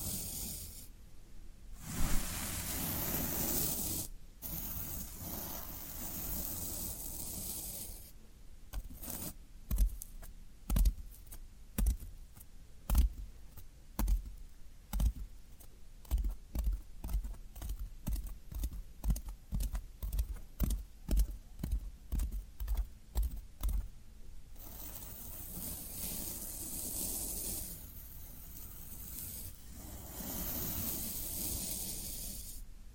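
Floral foam being handled: rough, hissy rubbing and crumbling fills the opening seconds and the last eight or so. Between about 8 and 24 seconds come rapid, fairly regular sharp crunches, like repeated poking or pressing, each a short dry snap.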